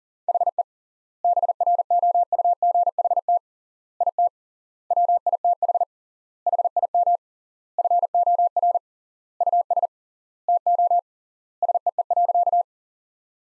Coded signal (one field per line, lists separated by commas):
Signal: Morse code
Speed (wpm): 40 wpm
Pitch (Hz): 700 Hz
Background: none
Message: HE BROUGHT IT WITH HIM FOR US TO SEE.